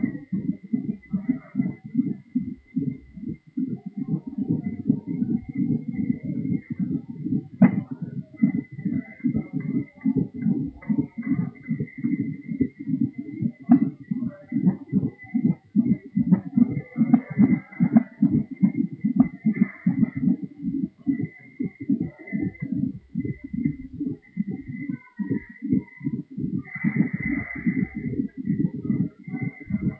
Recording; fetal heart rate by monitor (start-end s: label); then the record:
fetal heart sounds by stethoscope on the mother's abdomen
0.00-10.00 s: 152 bpm
10.00-20.00 s: 150 bpm
20.00-30.00 s: 145 bpm
From the record:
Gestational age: 40 weeks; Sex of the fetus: girl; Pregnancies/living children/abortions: 1/0/0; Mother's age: 28 years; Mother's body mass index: 30.5